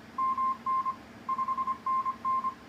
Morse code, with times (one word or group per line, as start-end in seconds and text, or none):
0.2-0.9 MN
1.3-2.5 5NN